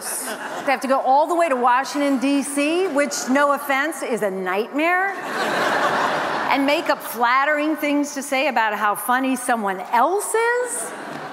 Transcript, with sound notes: to have to go all the way to Washington, D.C., which, no offense, is a nightmare...
(LAUGHTER)
...And make up flattering things to say about how funny someone else is?